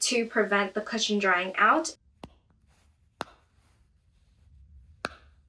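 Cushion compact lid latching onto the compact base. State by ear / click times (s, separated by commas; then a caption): seated / 2.2 s, 3.2 s, 5.0 s. A Moonshot Micro Glassyfit cushion foundation compact in shade 301, made of plastic, has its lid latched onto the compact base; the packaging has three clicks to keep the cushion sponge from drying out. Someone talks for the first two seconds, then three sharp clicks sound at 2.2, 3.2 and 5.1 seconds. The lid clicks shut and is seated.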